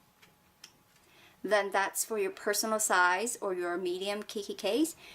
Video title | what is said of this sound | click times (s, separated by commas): use pinhole planner properly at home | if you just move it over until it clicks on both sides then | 0.2 s, 0.6 s